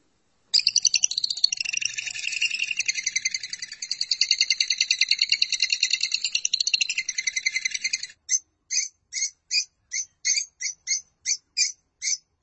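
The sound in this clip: Lovebird song: a long, dense run of rapid harsh chattering notes, followed by a series of short separate chirps.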